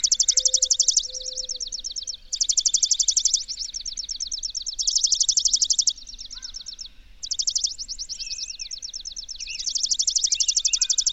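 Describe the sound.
Bird song: steady high trills with loud bursts about every two to three seconds, a few slurred chirps, and a low tone at the start.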